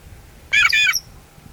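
Shrike giving a single harsh, grating squawk lasting about half a second, then quiet.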